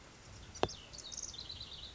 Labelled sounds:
House Wren (Troglodytes aedon)
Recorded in Sonoma County, California

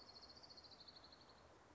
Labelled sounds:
Orange-crowned Warbler (Leiothlypis celata)
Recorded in Sonoma County, California

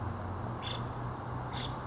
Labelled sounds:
Nuttall's Woodpecker (Dryobates nuttallii)
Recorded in Sonoma County, California

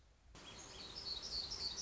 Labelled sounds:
Black-throated Gray Warbler (Setophaga nigrescens)
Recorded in Sonoma County, California

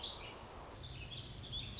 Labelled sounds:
Warbling Vireo (Vireo gilvus)
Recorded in Sonoma County, California

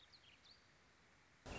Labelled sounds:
Warbling Vireo (Vireo gilvus)
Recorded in Sonoma County, California

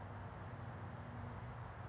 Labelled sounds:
California Towhee (Melozone crissalis)
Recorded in Sonoma County, California

